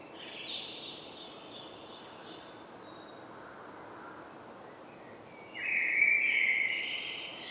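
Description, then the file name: Common blackbird giving a thin high note early on, then after a quiet gap a louder fluty warbled phrase near the end. "Turdus merula"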